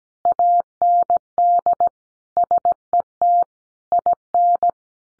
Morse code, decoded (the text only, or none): AND SET IN